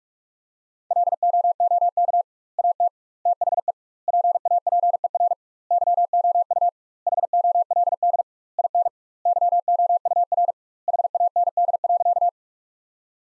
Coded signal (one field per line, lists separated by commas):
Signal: Morse code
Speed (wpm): 46 wpm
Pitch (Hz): 700 Hz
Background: none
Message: LOOK AT THE PAPER YOU HOLD IN YOUR HAND.